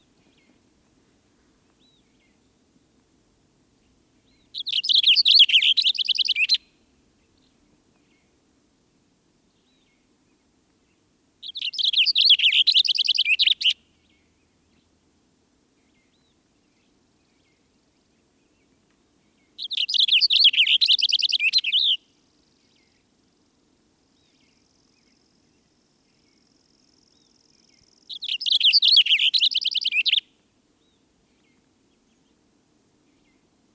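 A Cassin's Finch sings four bursts of quick, bright warbling, each about two seconds long, arriving roughly every eight seconds. Between songs there is near silence, with only a faint low hum and a thin whistle before the last phrase.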